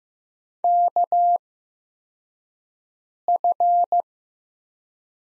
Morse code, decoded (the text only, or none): KF